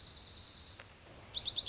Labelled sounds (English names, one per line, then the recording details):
Dark-eyed Junco
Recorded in Sonoma County, California